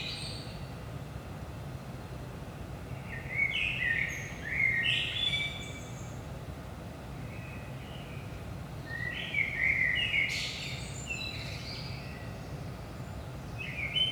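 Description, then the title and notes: Common blackbird phrases of rich whistled notes followed by thin high twittering, repeated at intervals of several seconds, above a constant low rumble. Early morning, 5 am, in Saint-Gilles, Belgium; recorded with DPA 4060 microphones in AB position into a Zoom F3. "Saint-Gilles, Belgique - 5am Blackbird. Blackbird in the morning. Merle au petit matin"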